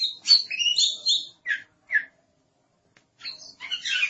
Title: Suara Kicauan Burung Kacer